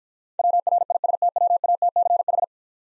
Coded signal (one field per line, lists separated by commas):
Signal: Morse code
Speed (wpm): 50 wpm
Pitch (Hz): 700 Hz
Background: none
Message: WRISTWATCH